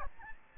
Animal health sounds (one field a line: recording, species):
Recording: mosquito wingbeat signal from an infrared sensor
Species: Aedes albopictus